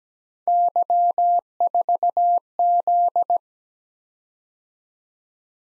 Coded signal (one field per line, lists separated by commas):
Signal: Morse code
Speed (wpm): 17 wpm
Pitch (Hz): 700 Hz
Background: none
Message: Y4Z